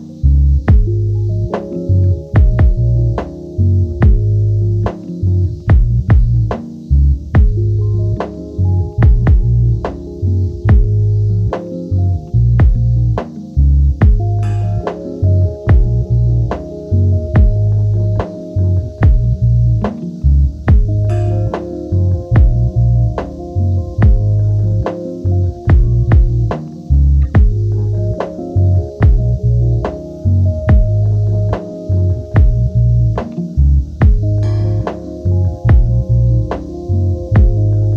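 Komazawa Park: a steady electronic-sounding music loop with a deep, thumping bass line and sustained mid-range tones, driven by sharp, regular clicking beats about twice a second. The pattern repeats every six or seven seconds without a break, with a faint hiss above.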